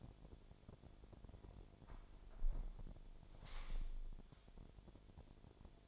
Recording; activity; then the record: daily activity, microphone in the room; close window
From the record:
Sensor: 5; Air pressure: 1006.5 hPa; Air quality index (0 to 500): 186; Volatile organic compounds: 5 ppm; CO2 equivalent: 1770 ppm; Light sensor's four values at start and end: 56/159/62/63 and 56/159/62/62